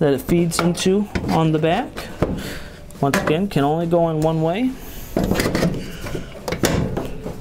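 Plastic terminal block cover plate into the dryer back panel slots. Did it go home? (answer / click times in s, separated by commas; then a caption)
yes / 6.6 s. Someone talks while refitting the plastic terminal block cover plate on the back of a GE dryer, feeding its two hinges into the slots on the back panel and then pressing the plate. It snaps in at 6.7 s with a sharp click, seating the cover plate in place.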